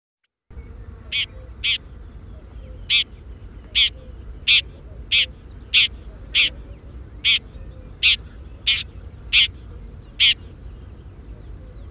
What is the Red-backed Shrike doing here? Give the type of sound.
call